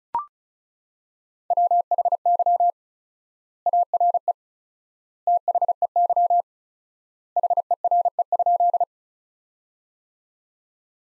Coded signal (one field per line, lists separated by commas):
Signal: Morse code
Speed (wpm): 34 wpm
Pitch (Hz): 700 Hz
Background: none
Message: WHY ARE THEY HERE?